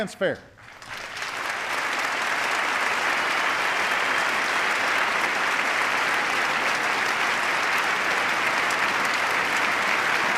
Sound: applause

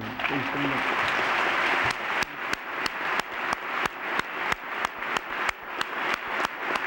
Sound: applause

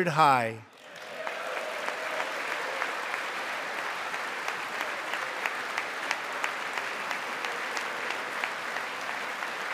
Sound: applause

